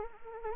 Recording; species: mosquito wingbeat signal from an infrared sensor; Anopheles arabiensis